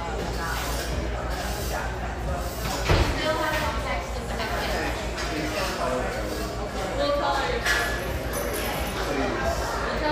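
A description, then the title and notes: Café background noise with overlapping chatter throughout, a steady low hum, and a sharp clatter near three seconds, like dishes knocking. Irvine, California. Cheerful, bustling background noise of this sunny café in one of the OC's most upscale neighborhoods.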